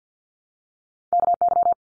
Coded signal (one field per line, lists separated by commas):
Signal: Morse code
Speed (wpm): 50 wpm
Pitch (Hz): 700 Hz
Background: none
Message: KY